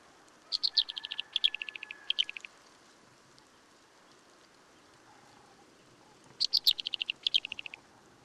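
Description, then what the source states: Dune Lark calls: two bursts of rapid, stuttering notes separated by a long pause, over a faint steady hiss. Endemic to the Namib Desert; desert habitat.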